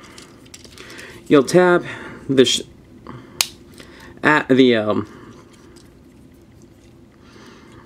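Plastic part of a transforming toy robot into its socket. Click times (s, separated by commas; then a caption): 3.4 s. A plastic part of a transforming toy robot is tapped into its socket and seats with a sharp click at 3.4 s. Someone talks before and after. The part snaps into place.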